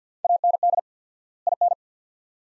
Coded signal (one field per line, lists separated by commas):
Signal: Morse code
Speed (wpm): 50 wpm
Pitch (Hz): 700 Hz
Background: none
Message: AND IN